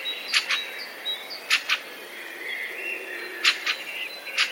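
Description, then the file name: Fieldfare giving a few harsh paired chack notes. "turdus pilaris"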